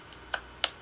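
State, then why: Seated. A detachable controller is slid down the side rail of a Nintendo Switch handheld game console until it locks. A softer sharp tick comes around 0.3 s, then a louder, crisp click at 0.6 s as the controller seats on the rail. The controller is confirmed locked in place.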